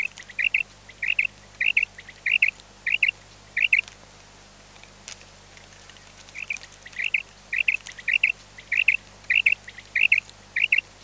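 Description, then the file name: Common quail calling: short liquid notes in pairs near the same pitch, about one pair every 0.6 seconds, with a pause of about two and a half seconds midway before the series resumes. "QUAGLIA"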